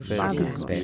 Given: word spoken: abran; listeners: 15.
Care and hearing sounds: one Spanish word in noise, from a listening test; four-talker babble; -2.3 dB; 0 of 15; 6 of 15; 0.44 s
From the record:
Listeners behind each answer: 6, 3, 1, 1, 1, 1, 1, 1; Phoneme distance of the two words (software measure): 20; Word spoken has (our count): 2 syllables, 5 phonemes, stress on syllable 1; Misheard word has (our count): 2 syllables, 5 phonemes, stress on syllable 1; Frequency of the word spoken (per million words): 3.06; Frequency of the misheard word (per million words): 6.78

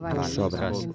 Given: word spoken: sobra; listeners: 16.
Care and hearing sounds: one Spanish word in noise, from a listening test; four-talker babble; -0.2 dB; 0 of 16; 13 of 16; 0.55 s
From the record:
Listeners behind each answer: 13, 1, 1, 1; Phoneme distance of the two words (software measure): 7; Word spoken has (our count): 2 syllables, 5 phonemes, stress on syllable 1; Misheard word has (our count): 2 syllables, 6 phonemes, stress on syllable 1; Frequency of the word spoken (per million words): 13.19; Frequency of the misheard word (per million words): 1.84

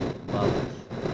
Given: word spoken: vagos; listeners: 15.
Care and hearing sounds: one Spanish word in noise, from a listening test; noise modulated by three-talker babble; -5.7 dB; 0 of 15; 6 of 15; 0.74 s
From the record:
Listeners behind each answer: 6, 2, 1, 1, 1, 1, 1, 1, 1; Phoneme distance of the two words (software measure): 10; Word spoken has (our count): 2 syllables, 5 phonemes, stress on syllable 1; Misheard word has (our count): 2 syllables, 5 phonemes, stress on syllable 1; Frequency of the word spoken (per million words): 3.16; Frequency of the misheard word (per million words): 150.99

